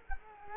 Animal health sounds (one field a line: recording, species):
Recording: mosquito wingbeat signal from an infrared sensor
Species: Culex quinquefasciatus